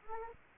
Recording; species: mosquito wingbeat signal from an infrared sensor; Anopheles arabiensis